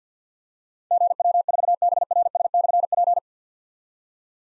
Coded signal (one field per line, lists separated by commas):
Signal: Morse code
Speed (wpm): 52 wpm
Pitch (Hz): 700 Hz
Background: none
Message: GW4BRS/P